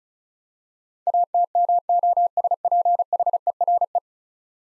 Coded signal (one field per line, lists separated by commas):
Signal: Morse code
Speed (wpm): 36 wpm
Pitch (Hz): 700 Hz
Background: none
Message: ATMOSPHERE